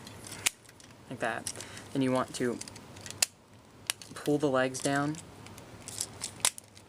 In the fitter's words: uh you'll hear them click twice